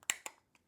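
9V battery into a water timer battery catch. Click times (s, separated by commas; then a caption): 0.1 s. A 9V battery is pressed into the small plastic locking catch at the bottom of a Claber Aquauno Logica water timer housing. It clicks sharply into place at 0.1 s, followed by a softer click near 0.3 s and a faint tap around 0.6 s. The battery is seated and held securely.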